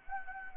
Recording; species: mosquito wingbeat signal from an infrared sensor; Anopheles gambiae